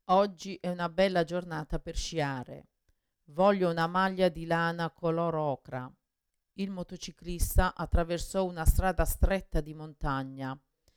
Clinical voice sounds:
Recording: read phrases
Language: Italian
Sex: female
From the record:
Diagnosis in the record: Parkinson's disease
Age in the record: 61 years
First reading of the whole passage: 53 s, 9.7 characters per second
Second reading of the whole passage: 51 s, 10.1 characters per second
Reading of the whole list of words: 49 s, 5.7 characters per second

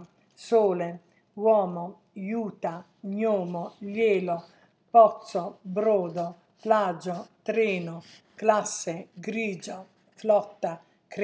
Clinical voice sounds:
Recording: read list of words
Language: Italian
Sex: female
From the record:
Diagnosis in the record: healthy control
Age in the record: 69 years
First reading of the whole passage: 57 s, 9.1 characters per second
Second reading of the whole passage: 50 s, 10.4 characters per second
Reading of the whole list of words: 47 s, 6.0 characters per second

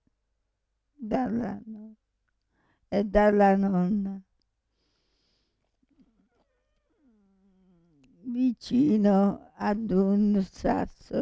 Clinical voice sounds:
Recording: read passage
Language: Italian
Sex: female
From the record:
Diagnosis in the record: Parkinson's disease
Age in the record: 65 years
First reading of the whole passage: 242 s, 2.1 characters per second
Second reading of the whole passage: 180 s, 2.9 characters per second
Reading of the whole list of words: 168 s, 1.7 characters per second

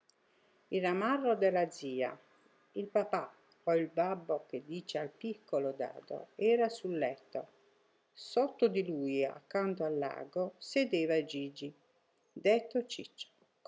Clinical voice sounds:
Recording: read passage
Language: Italian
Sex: female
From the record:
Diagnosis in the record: healthy control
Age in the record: 63 years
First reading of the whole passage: 70 s, 6.7 characters per second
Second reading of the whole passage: 71 s, 6.6 characters per second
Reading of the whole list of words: 45 s, 6.3 characters per second

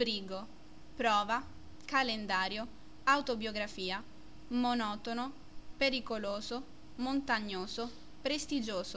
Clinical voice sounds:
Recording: read list of words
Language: Italian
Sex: female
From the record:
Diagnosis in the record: healthy control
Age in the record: 20 years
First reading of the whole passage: 47 s, 11.1 characters per second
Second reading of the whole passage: 49 s, 10.5 characters per second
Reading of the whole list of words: 45 s, 6.2 characters per second

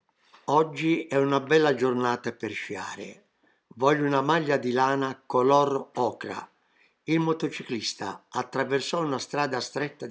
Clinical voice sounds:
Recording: read phrases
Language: Italian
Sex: male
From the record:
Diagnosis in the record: healthy control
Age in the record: 77 years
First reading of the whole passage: 68 s, 7.6 characters per second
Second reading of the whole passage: 60 s, 8.3 characters per second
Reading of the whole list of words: 67 s, 4.2 characters per second

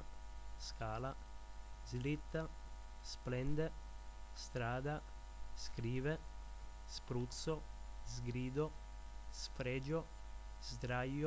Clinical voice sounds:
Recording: read list of words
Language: Italian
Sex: male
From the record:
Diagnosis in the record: healthy control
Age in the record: 21 years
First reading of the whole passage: 51 s, 10.2 characters per second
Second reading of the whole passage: 47 s, 11.0 characters per second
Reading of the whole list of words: 60 s, 4.7 characters per second

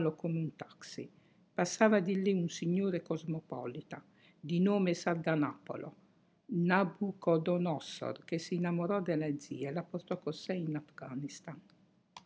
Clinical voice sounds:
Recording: read passage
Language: Italian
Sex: female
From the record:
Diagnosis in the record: healthy control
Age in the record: 68 years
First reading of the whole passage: 56 s, 9.3 characters per second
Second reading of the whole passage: 53 s, 9.8 characters per second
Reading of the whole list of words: 52 s, 5.4 characters per second

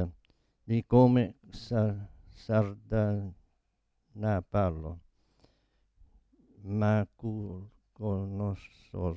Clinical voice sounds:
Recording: read passage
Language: Italian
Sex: male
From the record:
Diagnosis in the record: Parkinson's disease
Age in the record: 72 years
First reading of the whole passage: 118 s, 4.4 characters per second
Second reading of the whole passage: 99 s, 5.2 characters per second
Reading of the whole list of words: 88 s, 3.2 characters per second

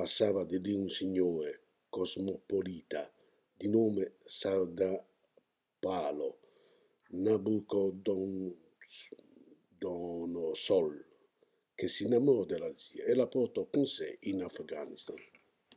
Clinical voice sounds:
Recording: read passage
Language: Italian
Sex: male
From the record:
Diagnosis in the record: healthy control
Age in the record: 68 years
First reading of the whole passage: 59 s, 8.7 characters per second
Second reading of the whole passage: 51 s, 9.9 characters per second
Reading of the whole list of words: 42 s, 6.7 characters per second

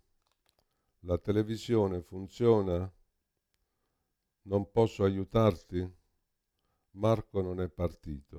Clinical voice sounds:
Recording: read phrases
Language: Italian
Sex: male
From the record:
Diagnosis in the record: Parkinson's disease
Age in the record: 65 years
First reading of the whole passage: 52 s, 9.9 characters per second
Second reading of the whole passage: 50 s, 10.3 characters per second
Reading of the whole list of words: 40 s, 7.0 characters per second

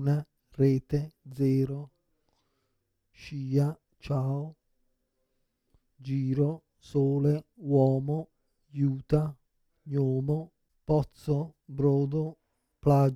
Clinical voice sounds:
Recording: read list of words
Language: Italian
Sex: male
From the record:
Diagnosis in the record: Parkinson's disease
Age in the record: 56 years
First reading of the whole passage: 87 s, 6.0 characters per second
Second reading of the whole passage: 67 s, 7.8 characters per second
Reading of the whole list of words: 59 s, 4.8 characters per second

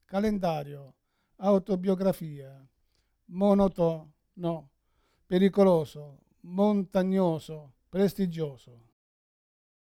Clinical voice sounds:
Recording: read list of words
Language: Italian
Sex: male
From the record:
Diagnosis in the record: Parkinson's disease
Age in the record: 71 years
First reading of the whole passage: 60 s, 8.7 characters per second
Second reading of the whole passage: 57 s, 9.1 characters per second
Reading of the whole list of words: 54 s, 5.3 characters per second

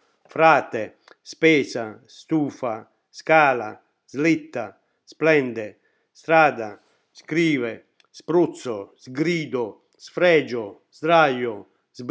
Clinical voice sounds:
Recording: read list of words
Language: Italian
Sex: male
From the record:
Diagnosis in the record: healthy control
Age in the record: 68 years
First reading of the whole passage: 60 s, 8.7 characters per second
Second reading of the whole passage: 55 s, 9.3 characters per second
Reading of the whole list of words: 43 s, 6.5 characters per second

